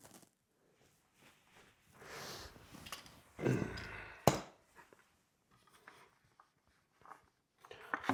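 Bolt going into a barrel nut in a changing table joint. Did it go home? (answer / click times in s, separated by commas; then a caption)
no / none. A bolt is turned into a joint of a Delta Children infant changing table, but the barrel nut has fallen out, so the bolt has nothing to bite into. Rustling and scraping handling noise builds from about 2 to 4 s, with a sharp knock at 4.3 s and brief taps near 7.9 and 8.1 s. Nothing has seated or clicked into place yet.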